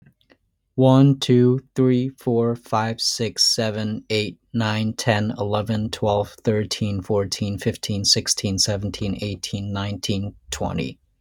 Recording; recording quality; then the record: counting at a normal pace; excellent, no background noise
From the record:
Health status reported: healthy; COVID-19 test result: negative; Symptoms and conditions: none ticked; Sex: male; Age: 29 years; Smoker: not ticked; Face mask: not worn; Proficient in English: yes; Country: United States